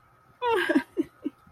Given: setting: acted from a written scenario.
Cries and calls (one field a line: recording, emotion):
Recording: vocal sound without words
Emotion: sadness